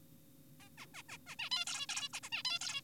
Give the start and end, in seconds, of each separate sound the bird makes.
0.60-0.69, 0.78-0.86, 0.94-1.03, 1.09-1.18, 1.27-1.35, 1.39-1.50, 1.52-1.65, 1.67-1.86, 1.89-2.09, 2.13-2.20, 2.23-2.30, 2.32-2.43, 2.45-2.59, 2.61-2.81